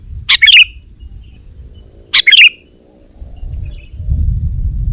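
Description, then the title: Sooty-headed bulbul song: two short bubbly, chirpy phrases about two seconds apart, with a low rumbling background noise. "kutilang"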